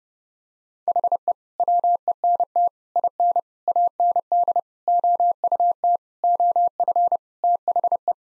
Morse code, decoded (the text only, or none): HE WENT IN AND OUT OF THE